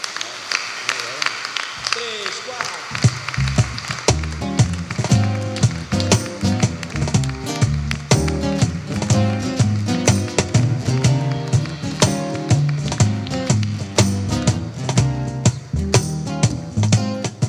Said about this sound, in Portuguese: eu faço isto de propósito para vocês pararem e depois tornarem a aplaudir. Sempre que vocês pararem de aplaudir antes de eu dizer o nome, vou fazer isto.